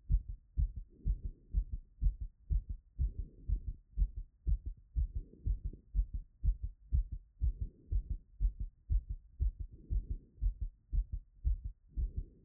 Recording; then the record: heart sounds by stethoscope after running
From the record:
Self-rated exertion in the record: light exertion (2 of 6); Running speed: 6 mph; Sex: male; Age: 24 years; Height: 175 cm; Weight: 79 kg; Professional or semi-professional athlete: no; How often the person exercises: 3 to 5 times a week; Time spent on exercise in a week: 3 to 4 hours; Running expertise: yes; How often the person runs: under once a week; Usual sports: weight training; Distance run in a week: 1 km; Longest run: 16 km